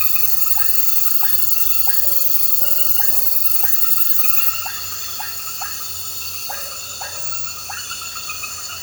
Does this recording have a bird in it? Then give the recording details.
no. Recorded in pastures near Puerto Asís, Putumayo, Colombia, on 8 March 2025 at 21:30. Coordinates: 0.466, -76.322. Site CSA-02